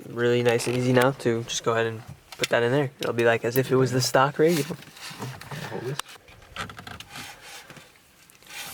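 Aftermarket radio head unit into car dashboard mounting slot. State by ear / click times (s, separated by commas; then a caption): not seated / none. An aftermarket radio head unit, fitted with the old Evo 9 metal mounting brackets, is pushed into the dashboard mounting slot of an Evo 9 while someone talks. Short scraping and knocking sounds follow from about 5.4 s to 8.3 s as the unit slides in. The unit goes in, but there is no latch click, and nothing has clicked yet.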